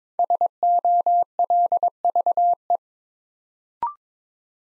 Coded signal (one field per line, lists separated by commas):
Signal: Morse code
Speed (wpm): 22 wpm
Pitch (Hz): 700 Hz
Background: none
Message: SOLVE